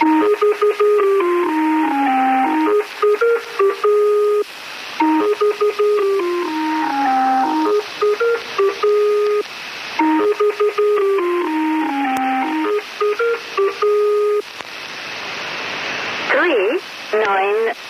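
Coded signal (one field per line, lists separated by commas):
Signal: numbers station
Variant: Lincolnshire Poacher (E3)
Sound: electronic organ-like folk melody repeated in short phrases over radio hiss, then warbling noise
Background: radio static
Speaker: La música identificaba la emisora y señalaba que la emisión de números iba a comenzar, de modo que el receptor tenía tiempo de sintonizar bien la emisión y prepararse para recibir el mensaje secreto.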